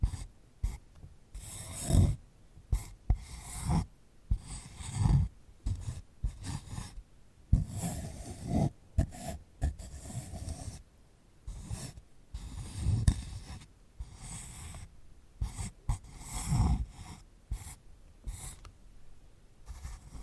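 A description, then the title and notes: A sunflower head is rubbed and scratched in irregular dry, rasping bursts and crackles, with louder sweeps near 2, 5, 13 and 16 seconds. ASMR of a Sunflower Head (No Talking).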